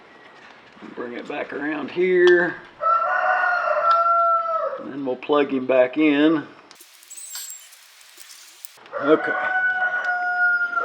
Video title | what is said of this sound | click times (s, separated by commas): Kioti CK 3510 tractor Fixing Water in fuel warning light Kioti CK and DK series Repair | okay i heard it snap | 8.7 s